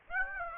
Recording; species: mosquito wingbeat signal from an infrared sensor; Aedes aegypti